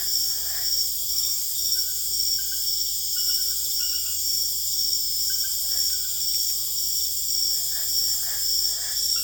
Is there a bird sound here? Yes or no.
no